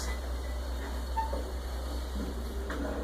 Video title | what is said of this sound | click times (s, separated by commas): Wildfire Lifts XLT 9000 demo pt.1 | and you'll see all four corners lock in | 2.7 s